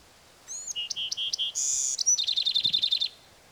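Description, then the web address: Bewick's wren singing one complex phrase: high sliding whistles, four short notes, a loud buzzy burst and a fast even trill of about a dozen notes. "BEWR birds wrens"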